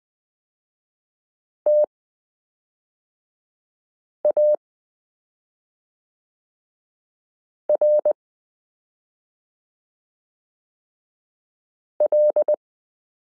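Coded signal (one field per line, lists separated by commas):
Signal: Morse code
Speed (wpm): 20 wpm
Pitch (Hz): 600 Hz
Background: none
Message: TARL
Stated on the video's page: Morse listening lesson 8 of a Koch-method course, using the characters m k r s u a p t l.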